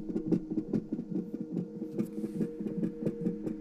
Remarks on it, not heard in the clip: Just this heartbeat. This is sound she recorded on her cell phone. Baby's hearts beat super, super fast, so it sounds like a rabbit or something. You just hear it on the sonogram?